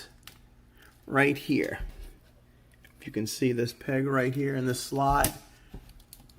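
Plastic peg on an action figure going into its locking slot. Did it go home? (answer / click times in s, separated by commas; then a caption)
no / none. A plastic peg on a Transformers Ironhide Masterpiece Movie Series (MPM-06) action figure is pressed into its small locking slot during transformation, while someone talks. Faint plastic ticks and taps sound near 0.3, 2.8 and 6.1 seconds, but the peg does not lock in and nothing has seated or clicked yet.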